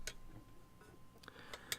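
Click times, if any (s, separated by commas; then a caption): none. A small, delicate keyed plastic part is pushed and turned against a DeAgostini 1:8 scale Ford GT40 model kit assembly, meant to lock into place. Faint ticking and scraping contacts are heard, with a sharp tap near the start and a few light clicks toward the end. The part will not go in and nothing has seated or clicked yet, so it is set aside for a different one.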